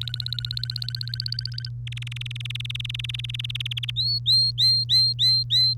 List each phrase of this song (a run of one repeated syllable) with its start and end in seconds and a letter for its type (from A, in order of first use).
0.01-1.69 A, 1.87-3.91 B, 3.96-5.74 C